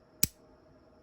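A magnetic implement on a Leatherman Free P4 multitool locks into the tool handle with a single sharp click at 0.2 s, followed by quiet. The click signals that the tool is locked in place.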